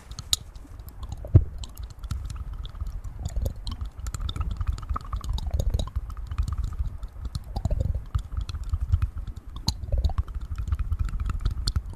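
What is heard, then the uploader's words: Ear massage and mouth sounds: a steady stream of soft rubbing and dense, irregular crackles and clicks, heaviest in the low end. Sharp taps land now and then, with a loud pop near the 1.3-second mark, over a faint wavering tone that dips and rises. Intense Ear Massage & Mouth Sounds.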